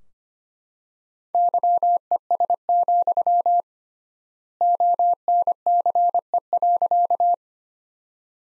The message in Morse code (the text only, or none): YES, ONCE.